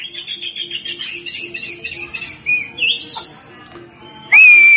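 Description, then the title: Oriental magpie-robin singing, clear whistled notes and slurred phrases over busy chattering bird sounds, ending with a loud sustained whistle. "Kacer"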